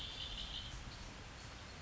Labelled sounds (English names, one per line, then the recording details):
Red-winged Blackbird
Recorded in Sonoma County, California